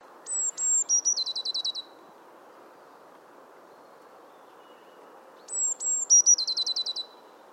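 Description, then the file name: Eurasian blue tit song repeated twice, roughly five seconds apart: high piercing whistled notes leading into a rapid rattling trill, over a quiet steady hiss. "Cyanistes caeruleus"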